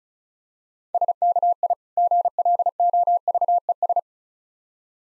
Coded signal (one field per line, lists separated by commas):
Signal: Morse code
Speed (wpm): 34 wpm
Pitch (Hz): 700 Hz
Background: none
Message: SKI GLOVES